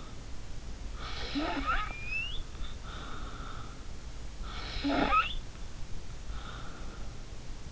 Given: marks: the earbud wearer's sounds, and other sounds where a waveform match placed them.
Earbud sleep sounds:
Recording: sounds in sleep by an in-ear microphone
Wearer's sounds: snoring breath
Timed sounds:
0.94-3.83 s: snoring breath
4.40-7.18 s: snoring breath

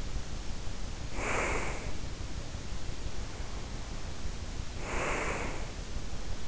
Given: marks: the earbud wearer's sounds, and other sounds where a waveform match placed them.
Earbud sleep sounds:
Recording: sounds in sleep by an in-ear microphone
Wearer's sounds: breath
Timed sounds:
0.96-2.03 s: breath
4.82-6.03 s: breath

